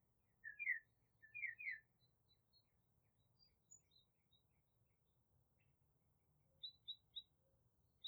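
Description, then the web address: Bird chirps: three quick high notes near the start, a long quiet gap with faint ticks, then a few short sharp chirps near the end. "Tedford Sarah Sounds Birds 4 Removed Background Noise"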